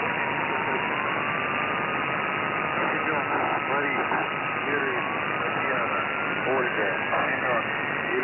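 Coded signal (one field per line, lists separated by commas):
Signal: coded military voice message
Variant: The Squeaky Wheel, Russian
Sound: faint male voice reading words through heavy hiss, with a thin steady whistle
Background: radio static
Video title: The Squeaky Wheel Voice Message July 1, 2021 05:24 UTC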